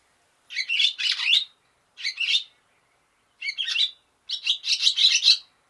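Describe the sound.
Barn swallow calls: four harsh, scratchy bursts of rapid chattering notes, each lasting up to about a second, separated by short silences.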